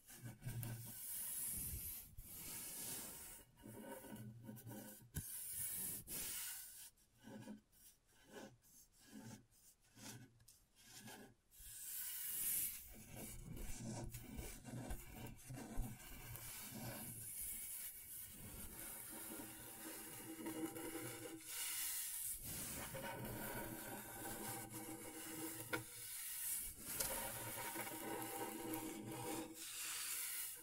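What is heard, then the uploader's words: Scratchboard being worked: bright, hissy scraping strokes that rasp across the surface almost without pause. Between about 7 and 12 seconds the strokes turn short and choppy, with brief gaps, before long continuous scratching returns and carries on to the end. ASMR Brain Tingling Scratchboard (No Talking).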